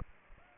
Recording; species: mosquito wingbeat signal from an infrared sensor; Aedes aegypti